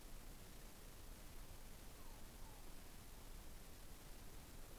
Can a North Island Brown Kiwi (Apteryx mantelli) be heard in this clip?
no